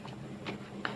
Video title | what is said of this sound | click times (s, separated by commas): Kipas angin murah, tapi hati-hati menggunakanya | nanti kalau kita pasang kipasnya ini dia ada bunyi klek seperti itu ya | 0.9 s